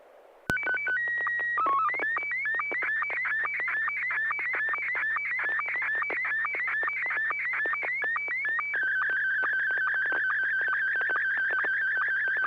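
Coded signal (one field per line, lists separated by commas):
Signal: SSTV (slow-scan television)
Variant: Scottie 1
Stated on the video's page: SSTV images exchanged during a weekly amateur net on a 441.300 MHz FM repeater in Sacramento, California, using MMSSTV.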